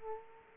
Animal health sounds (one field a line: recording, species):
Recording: mosquito wingbeat signal from an infrared sensor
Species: Aedes aegypti